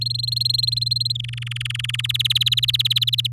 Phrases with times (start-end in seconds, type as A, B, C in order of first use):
0.01-1.12 A, 1.15-2.01 B, 2.04-3.27 C